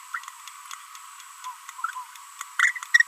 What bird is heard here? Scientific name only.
Forpus passerinus